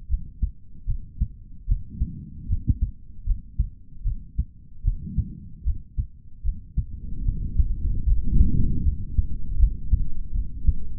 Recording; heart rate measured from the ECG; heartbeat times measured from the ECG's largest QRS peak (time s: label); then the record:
heart sounds by stethoscope; 76 bpm
0.08 s: heartbeat
0.86 s: heartbeat
1.66 s: heartbeat
2.48 s: heartbeat
3.25 s: heartbeat
4.03 s: heartbeat
4.83 s: heartbeat
5.64 s: heartbeat
6.43 s: heartbeat
7.24 s: heartbeat
8.05 s: heartbeat
8.83 s: heartbeat
9.58 s: heartbeat
10.33 s: heartbeat
From the record:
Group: healthy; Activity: rest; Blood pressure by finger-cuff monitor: 129/73 mmHg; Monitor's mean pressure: 93 mmHg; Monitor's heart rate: 76 bpm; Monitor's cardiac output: 4.5 L/min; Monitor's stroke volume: 60 mL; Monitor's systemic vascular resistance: 1520 dyn s/cm5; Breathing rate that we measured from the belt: 18 breaths a minute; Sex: male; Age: 55 years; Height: 167 cm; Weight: 57.2 kg